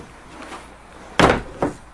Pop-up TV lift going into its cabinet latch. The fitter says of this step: you'll hear it click and it's in